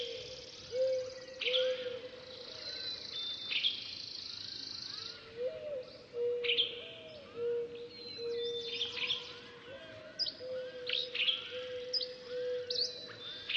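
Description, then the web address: Birds chirping and twittering in repeated high bursts, some notes sliding downward, with a low steady tone that occasionally jumps up in pitch. "funny birds"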